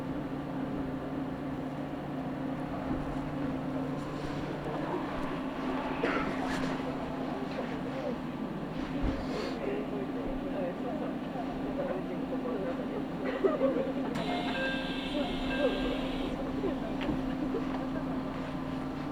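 Inside a local stopping train on the move, a steady low rumble and a constant droning hum fill the whole stretch. Voices murmur faintly under the noise, a few soft knocks come through around nine seconds, and a thin higher tone sounds from about fourteen to sixteen seconds.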